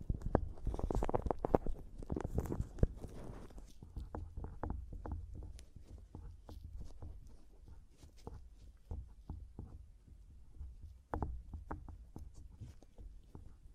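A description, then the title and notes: Mic tapping and scratching: the first four seconds are dense and loud, with rough scratching and thumping taps packed together. After that it thins to quick, irregular light taps and ticks over a faint low rumble, with a sharper cluster of taps near eleven seconds. ASMR Mic Tapping and Scratching (No Talking).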